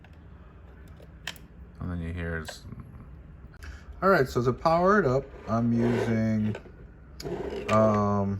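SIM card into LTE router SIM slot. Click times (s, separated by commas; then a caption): 1.3 s. A pen pushes a face-up SIM card into the SIM slot of an LTE router, and it clicks into place with a sharp click at 1.3 s. A few faint ticks follow before someone talks.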